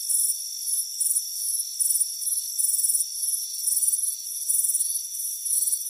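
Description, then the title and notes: Crickets chirp in high, trilled bursts, some longer and some shorter, against a continuous shrill background. Crickets chirping on a warm afternoon on a front porch. "Soothing Crickets Chirping Sound. It's a warm afternoon as you relax in a hammock on the front porch. Deep Sleep Sounds"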